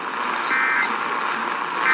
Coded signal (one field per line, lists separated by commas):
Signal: Emergency Alert System (SAME) tones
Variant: end-of-message bursts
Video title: La Vergne, TN Blue Alert (Toned as a CAE!) | EAS #215 (10/21/2023)